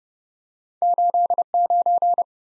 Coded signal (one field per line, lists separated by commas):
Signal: Morse code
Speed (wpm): 30 wpm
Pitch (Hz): 700 Hz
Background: none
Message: 89